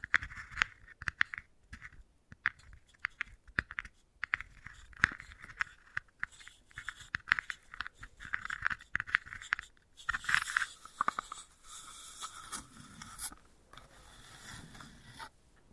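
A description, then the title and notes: Wooden balls click and roll, with quick bright taps and scratchy scraping scattered through the first ten seconds. After about ten seconds the sound turns rougher and denser, a crunchy rubbing with sharper clicks. ASMR Brain Tingly Wooden Ball Triggers (No Talking).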